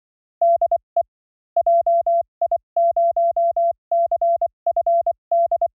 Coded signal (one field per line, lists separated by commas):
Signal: Morse code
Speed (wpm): 24 wpm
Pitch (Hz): 680 Hz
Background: none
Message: DE JI0CFD